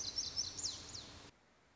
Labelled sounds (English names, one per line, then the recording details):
Lazuli Bunting
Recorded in Sonoma County, California